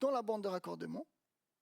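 A stripped, flexible wire with no ferrule is being handled at a Weidmüller snap-in push-in terminal block, about to be pushed in. Someone talks for about the first 1.1 seconds, then there is silence to the end. Nothing has seated or clicked yet.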